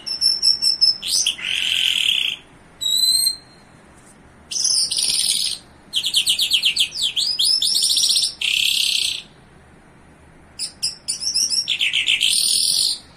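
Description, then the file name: Bimaculated lark song: long stretches of varied high notes, with rattling trills, harsh buzzy bursts and chirps in phrases broken by brief pauses. Recorded in Iran. "iranian sound bimaculated lark"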